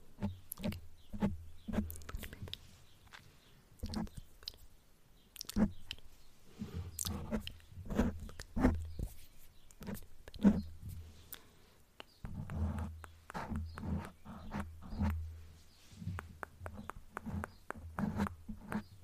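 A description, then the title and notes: Soft unintelligible whispering mixed with wet mouth sounds and light tapping. Short clicks and smacks come in quick, irregular bursts throughout, over a low steady hum, with brief quieter gaps near five and twelve seconds. There are quite a bit of mouth sounds, and I also added in random triggers I’ve been wanting to try out.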